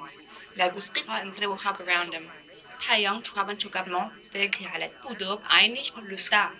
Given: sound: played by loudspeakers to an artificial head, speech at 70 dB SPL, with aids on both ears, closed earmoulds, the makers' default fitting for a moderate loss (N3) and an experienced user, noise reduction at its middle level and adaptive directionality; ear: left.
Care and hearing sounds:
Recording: speech test signal (ISTS) in cocktail-party noise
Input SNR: +9 dB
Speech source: in front (0 degrees)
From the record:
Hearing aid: class 2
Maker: E

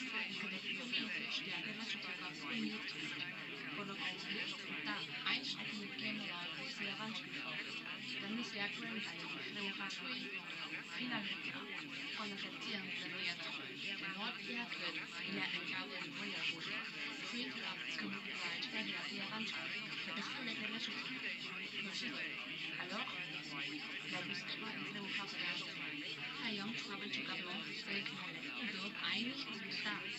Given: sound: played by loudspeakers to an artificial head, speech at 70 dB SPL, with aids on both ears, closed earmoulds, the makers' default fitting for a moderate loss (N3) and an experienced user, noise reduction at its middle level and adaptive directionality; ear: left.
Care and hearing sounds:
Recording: speech test signal (ISTS) in cocktail-party noise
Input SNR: 0 dB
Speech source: on the right (90 degrees)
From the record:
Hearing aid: class 1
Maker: D

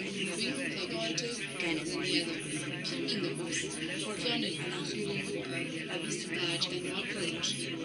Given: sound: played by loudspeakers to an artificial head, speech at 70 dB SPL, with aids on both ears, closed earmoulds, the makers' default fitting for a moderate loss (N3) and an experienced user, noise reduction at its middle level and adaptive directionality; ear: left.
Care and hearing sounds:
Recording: speech test signal (ISTS) in cocktail-party noise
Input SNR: -3 dB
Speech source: on the right (90 degrees)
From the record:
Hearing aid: class 2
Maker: B

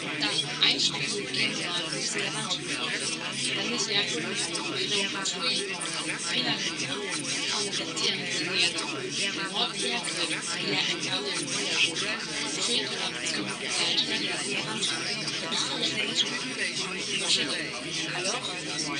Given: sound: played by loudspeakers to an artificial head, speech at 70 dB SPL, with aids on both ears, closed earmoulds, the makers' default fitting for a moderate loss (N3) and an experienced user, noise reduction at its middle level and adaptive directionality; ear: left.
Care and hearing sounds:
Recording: speech test signal (ISTS) in cocktail-party noise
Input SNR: -6 dB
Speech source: on the right (90 degrees)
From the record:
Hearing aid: class 2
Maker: A

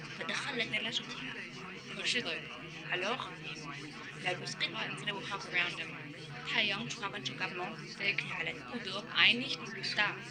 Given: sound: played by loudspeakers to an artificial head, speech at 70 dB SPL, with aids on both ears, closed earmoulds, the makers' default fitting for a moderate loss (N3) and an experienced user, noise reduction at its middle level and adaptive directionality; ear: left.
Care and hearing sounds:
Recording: speech test signal (ISTS) in cocktail-party noise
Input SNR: -3 dB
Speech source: in front (0 degrees)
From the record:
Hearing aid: class 2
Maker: F

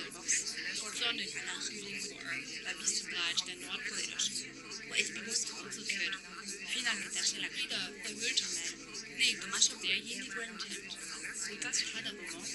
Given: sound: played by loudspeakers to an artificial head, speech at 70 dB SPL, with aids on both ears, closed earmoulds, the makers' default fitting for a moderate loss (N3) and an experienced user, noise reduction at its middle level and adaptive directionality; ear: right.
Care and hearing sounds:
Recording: speech test signal (ISTS) in cocktail-party noise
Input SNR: -6 dB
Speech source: in front (0 degrees)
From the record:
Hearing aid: class 1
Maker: H

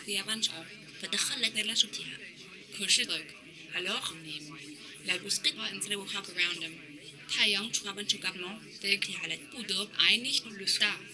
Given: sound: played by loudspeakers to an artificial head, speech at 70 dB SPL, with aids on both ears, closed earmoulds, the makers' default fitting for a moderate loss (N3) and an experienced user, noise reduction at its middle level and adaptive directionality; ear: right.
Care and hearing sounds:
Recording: speech test signal (ISTS) in cocktail-party noise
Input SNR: +6 dB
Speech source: in front (0 degrees)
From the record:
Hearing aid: class 2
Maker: J

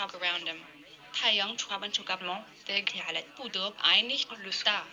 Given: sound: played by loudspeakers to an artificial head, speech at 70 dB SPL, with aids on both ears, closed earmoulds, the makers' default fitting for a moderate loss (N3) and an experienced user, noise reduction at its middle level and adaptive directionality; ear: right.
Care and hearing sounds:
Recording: speech test signal (ISTS) in cocktail-party noise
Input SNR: +9 dB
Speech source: on the right (90 degrees)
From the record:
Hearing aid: class 1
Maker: G

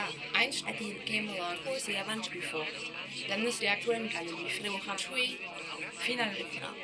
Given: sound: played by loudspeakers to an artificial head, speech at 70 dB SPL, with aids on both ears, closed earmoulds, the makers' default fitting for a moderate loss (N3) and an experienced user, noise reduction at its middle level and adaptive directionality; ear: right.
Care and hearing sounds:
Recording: speech test signal (ISTS) in cocktail-party noise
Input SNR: +3 dB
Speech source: in front (0 degrees)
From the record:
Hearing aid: class 2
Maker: C

